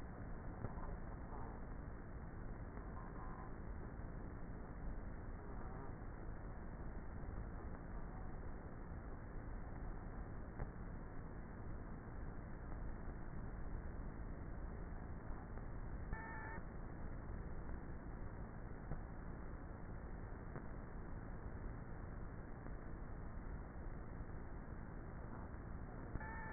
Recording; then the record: honeybee colony, microphone inside the hive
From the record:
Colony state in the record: queenless with a low population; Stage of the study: before two queens were removed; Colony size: about 30,000 bees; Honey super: no